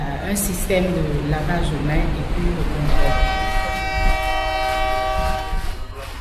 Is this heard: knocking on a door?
no